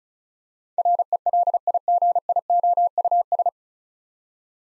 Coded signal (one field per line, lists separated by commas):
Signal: Morse code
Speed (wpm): 36 wpm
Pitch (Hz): 700 Hz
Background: none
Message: RELIGIOUS